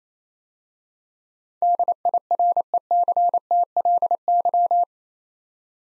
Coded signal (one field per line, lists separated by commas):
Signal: Morse code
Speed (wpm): 29 wpm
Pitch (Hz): 700 Hz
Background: none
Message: DIRECTLY